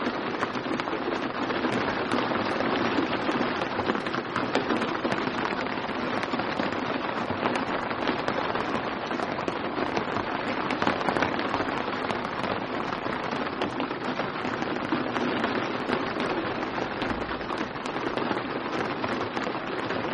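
Rain falls steadily for the whole stretch, a dense, even hiss made of countless tiny overlapping drop patters. The level barely changes, with fine crackling ticks scattered throughout and a soft low rumble underneath.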